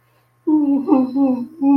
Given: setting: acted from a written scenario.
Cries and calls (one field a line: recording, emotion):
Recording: vocal sound without words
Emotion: guilt